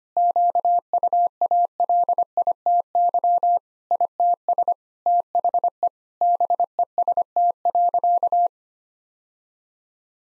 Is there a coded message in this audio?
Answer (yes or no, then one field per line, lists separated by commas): yes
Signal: Morse code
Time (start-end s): 0.2-8.5 s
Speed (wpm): 25 wpm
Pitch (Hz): 700 Hz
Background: none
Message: QUALITY ITS THE BEST.